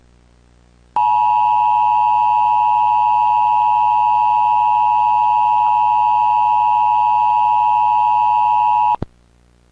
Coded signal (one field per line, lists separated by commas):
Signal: Emergency Alert System (SAME) tones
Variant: 853 and 960 Hz attention tone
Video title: EAS Mock // Vermillion //